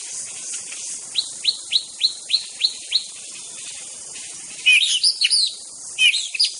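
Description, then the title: White-rumped shama repeating a sharp note several times, then buzzy, harsh high phrases, with insects droning steadily. Forest. "Suara burung murai batu hutan"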